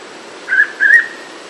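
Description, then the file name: Hooded pitta giving a paired whistle, two short level notes about a third of a second apart, with faint background hiss. "pitta sordida"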